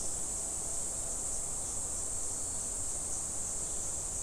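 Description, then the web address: Cicada calling: a steady, unbroken high-pitched shrill hiss holding the same pitch throughout, over a low rumbling background noise. Recorded 19 July 2011. "fukudai cicada"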